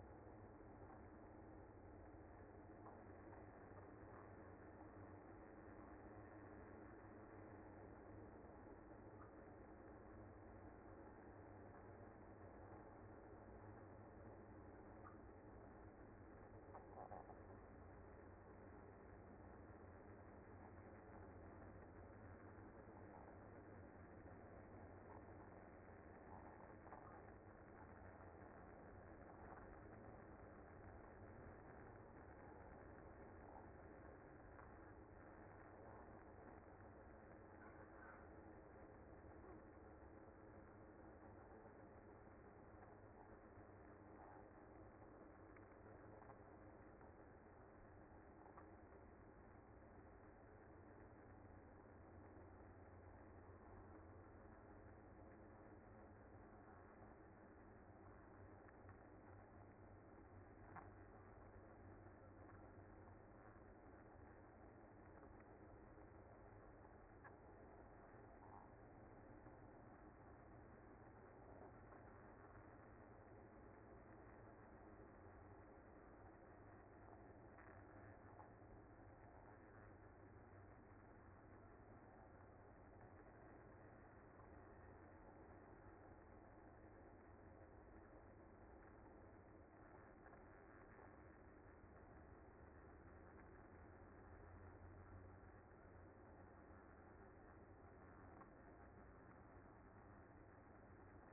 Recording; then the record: honeybee colony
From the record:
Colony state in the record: active